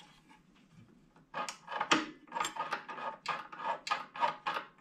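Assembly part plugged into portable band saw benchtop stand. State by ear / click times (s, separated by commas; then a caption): seated / 1.9 s. A part is plugged into the benchtop stand of a Hercules portable band saw (Harbor Freight 59229) during assembly. It clicks into place at 1.9 s, showing that it has seated. Several rubbing and knocking sounds follow as the part is handled.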